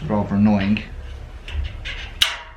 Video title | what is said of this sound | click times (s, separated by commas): GARAGE STORAGE SHELVES - Easy To Build? Worth It? | click in keep the tension if you can and | 2.2 s